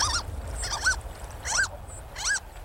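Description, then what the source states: Harlequin Duck calls: four high, squeaky, arched notes about three-quarters of a second apart, with a low rushing rumble underneath. Moves from freshwater to salt water, some migrating directly downstream from mountains to ocean; swims and feeds in turbulent waters; diet shifts from caddisfly larvae to crabs and barnacles.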